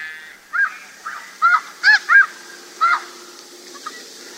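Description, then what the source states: Snow goose calls, a run of about six short nasal honks spaced irregularly over two and a half seconds, then quiet. Tokachi Plain, Hokkaido, Japan.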